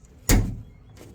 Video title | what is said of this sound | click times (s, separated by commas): Bonnet Mounted Washer Jet Kit Installation - R&R Products and Supplies | Locked in. Give him a little wiggle there. It's all fine. | 0.3 s